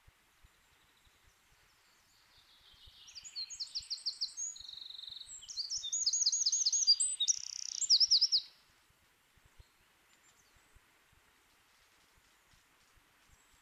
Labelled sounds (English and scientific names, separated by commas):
Eurasian Wren (Troglodytes troglodytes) song